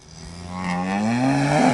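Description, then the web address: Cow giving a single long, low moo that swells steadily in loudness and rises slightly in pitch toward the end. "Greytsounds VOL-1 ANIMAL FX COW"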